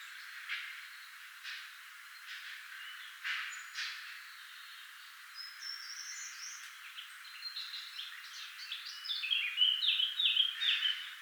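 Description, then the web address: Eurasian blackcap song: scattered scratchy notes at first, building into a fast twittering warble that turns loud and fluty over the last few seconds. "SETE Sylvia atricapilla"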